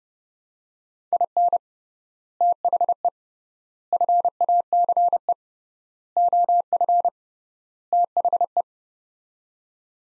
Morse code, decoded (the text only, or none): IN THE FACE OF THE